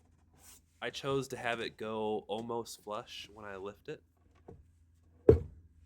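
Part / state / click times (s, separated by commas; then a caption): folding shelf bracket on van counter / seated / 5.3 s. Someone talks as a folding MDF shelf on folding metal brackets, mounted on the counter of a Thor Sanctuary 19PT camper van on a Ford Transit chassis, is lifted up. A sharp click at 5.3 s marks the brackets locking into place in the raised position, nice and solid.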